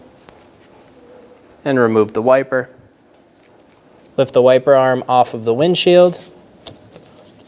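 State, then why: Seated. A new windshield wiper blade's plastic adapter is slid onto the metal wiper arm hook of a 2014-2018 Chevrolet Silverado 1500 while someone talks. A sharp click at 6.7 s marks the blade seating and locking onto the wiper arm.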